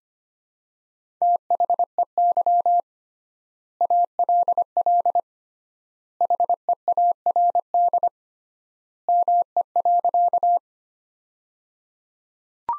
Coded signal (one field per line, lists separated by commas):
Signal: Morse code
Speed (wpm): 25 wpm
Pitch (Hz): 700 Hz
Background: none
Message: THEY ALL HEARD ME.